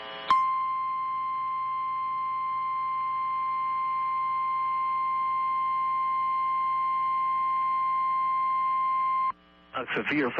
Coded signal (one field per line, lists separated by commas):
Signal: Emergency Alert System (SAME) tones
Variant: 1050 Hz attention tone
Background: speech, music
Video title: SVR GALORE XI: LATE AUGUST ACTION... EAS Alerts from 8/29/23 (EAS #2,967 - 3,002)